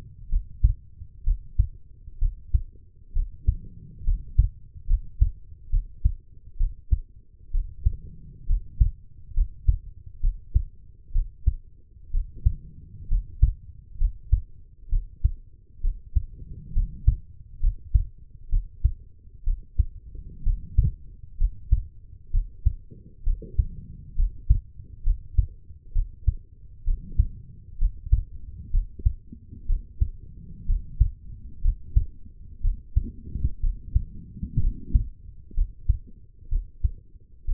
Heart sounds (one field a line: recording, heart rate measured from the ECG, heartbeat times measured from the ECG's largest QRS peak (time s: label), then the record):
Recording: heart sounds by stethoscope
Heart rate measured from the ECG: 65 bpm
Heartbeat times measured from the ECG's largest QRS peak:
0.29 s: heartbeat
1.23 s: heartbeat
2.18 s: heartbeat
3.12 s: heartbeat
4.04 s: heartbeat
4.87 s: heartbeat
5.70 s: heartbeat
6.57 s: heartbeat
7.51 s: heartbeat
8.46 s: heartbeat
9.34 s: heartbeat
10.20 s: heartbeat
11.12 s: heartbeat
12.11 s: heartbeat
13.08 s: heartbeat
13.98 s: heartbeat
14.89 s: heartbeat
15.81 s: heartbeat
16.73 s: heartbeat
17.60 s: heartbeat
18.49 s: heartbeat
19.44 s: heartbeat
20.43 s: heartbeat
21.37 s: heartbeat
22.31 s: heartbeat
23.23 s: heartbeat
24.15 s: heartbeat
25.03 s: heartbeat
25.92 s: heartbeat
26.84 s: heartbeat
27.78 s: heartbeat
28.70 s: heartbeat
29.66 s: heartbeat
30.66 s: heartbeat
31.61 s: heartbeat
32.61 s: heartbeat
33.60 s: heartbeat
34.60 s: heartbeat
35.54 s: heartbeat
36.48 s: heartbeat
37.44 s: heartbeat
From the record:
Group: healthy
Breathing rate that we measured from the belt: 16 breaths a minute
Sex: female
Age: 23 years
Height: 160 cm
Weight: 50.4 kg